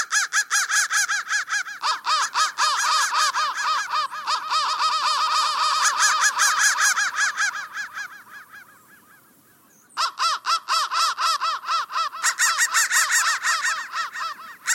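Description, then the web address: A flock of crows giving continuous harsh caws, dropping briefly to near quiet after eight seconds, then calling loudly again. "soundfactory crow 1"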